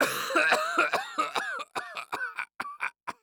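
An adult man gives a rapid run of about nine harsh, rough coughs in three seconds, with wet, throaty voicing between bursts: an acted smoker's cough.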